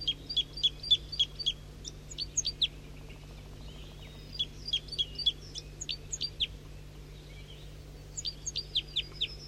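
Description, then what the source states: Red crossbill calls, sharp high clipped notes given in several rapid bursts. Recorded at 7:05 a.m., bird at first high in the top of a pine tree, then in flight.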